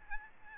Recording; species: mosquito wingbeat signal from an infrared sensor; Aedes albopictus